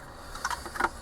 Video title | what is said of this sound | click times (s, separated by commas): W202 Continental TR7412UB-OR installation | make sure everything locks in place and that it's | 0.5 s, 0.8 s